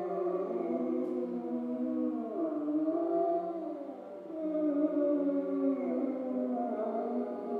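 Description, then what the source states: Grey wolf pack howling, tangled overlapping moans that rise and fall in long arcs, fading briefly midway before swelling again. Wolves recorded in Schorfheide on 29 October 2015.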